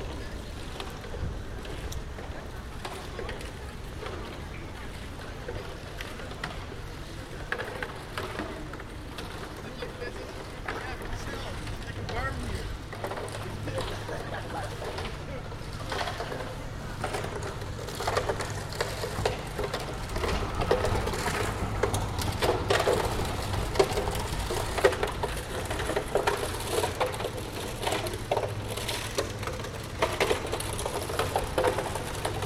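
A concrete mixer churns with a steady low rumble and grinding scrapes amid passing traffic in a city square. The clatter grows denser and louder after about twenty seconds, with sharp knocks and rattles. Faint voices and a radio murmur in the background.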